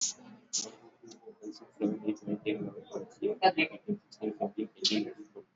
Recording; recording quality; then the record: counting at a fast pace; poor, much background noise or distortion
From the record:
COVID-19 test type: RT-PCR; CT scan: not taken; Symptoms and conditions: cough, cold, fever, muscle pain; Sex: male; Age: 32 years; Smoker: yes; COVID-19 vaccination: both doses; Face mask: worn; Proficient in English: yes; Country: India